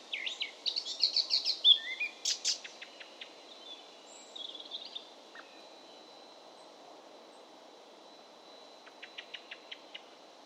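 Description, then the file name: Eurasian blackcap song: a short bright warbling phrase at the start, then a long quiet stretch with a few faint ticking notes near the end. "baratposzata hangja"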